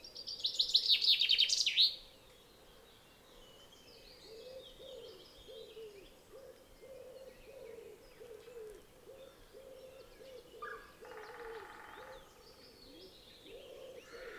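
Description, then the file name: Common chaffinch song: one loud, fast trill with a terminal flourish, followed by a long run of low, repeated notes and a brief buzzy call. "Fringilla coelebs"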